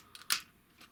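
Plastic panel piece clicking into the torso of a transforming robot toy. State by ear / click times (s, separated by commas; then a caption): seated / 0.3 s. A plastic panel piece is lifted up into the torso of a Maketoys Wrestle (Grapple) transforming robot toy during its robot-mode transformation, after other parts are rotated into position. Two light plastic ticks at about 0.2 s lead into a loud, sharp click at 0.3 s, followed by a faint tick near 0.8 s. The panel clicks into place and is seated.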